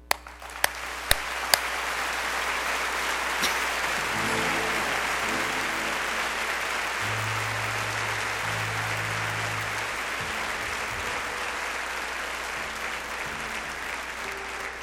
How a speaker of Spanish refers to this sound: Dale un aplauso al amor, fuerte, que se escuche, que se sienta. Venga.